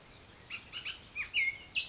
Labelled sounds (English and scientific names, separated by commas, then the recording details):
Bullock's Oriole (Icterus bullockii)
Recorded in Sonoma County, California